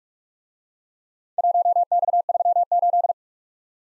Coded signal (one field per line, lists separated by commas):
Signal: Morse code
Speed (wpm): 44 wpm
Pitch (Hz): 700 Hz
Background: none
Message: 1X38